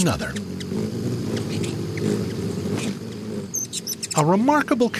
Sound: Ruby-throated Hummingbird sounds

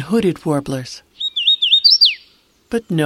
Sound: Song of Hooded Warbler

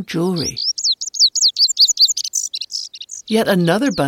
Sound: Lazuli Bunting song

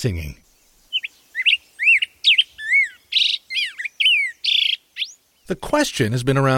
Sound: Black-headed Grosbeak song

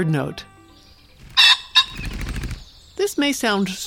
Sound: Call of Ring-necked Pheasant

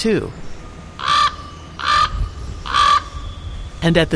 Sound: Gronk-gronk of Common Raven

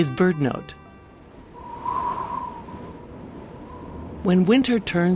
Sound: A howling winter wind

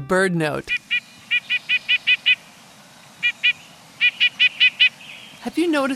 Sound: Red-breasted Nuthatch calling

